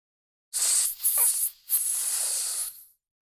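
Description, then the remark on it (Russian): A quiet hiss escapes someone's lips: a short breathy burst, a brief break, then a longer, steady airy hiss that fades out. No talking. “Тихое шипение сорвалось с моих губ.”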